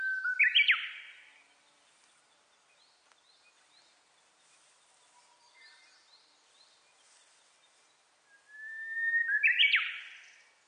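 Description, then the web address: Japanese bush warbler singing twice, each phrase a level whistle that breaks into a loud, quick burst, separated by quiet gaps filled with faint high chirping. Recorded 29 April 2001. "2001 010429 uguisu"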